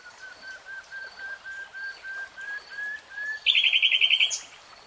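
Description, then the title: Nightingale song starting with a steady line of soft whistled notes rising slightly in loudness, then switching abruptly to a loud, fast trill of higher notes. "[Tiếng chim hót] Nightingale Singing"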